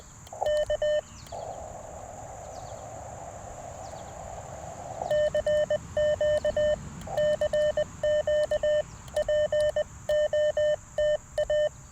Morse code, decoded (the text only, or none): K CQ CQ POTA